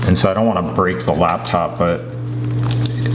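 Someone talks while pressing the plastic bottom shell of an iCasso hard case firmly onto the underside of a MacBook Pro until its lips snap on. Sharp clicks are heard at 2.7, 2.7, 2.9 and 3.1 seconds as the shell seats. It took more force than wanted, but the case is snapped into place.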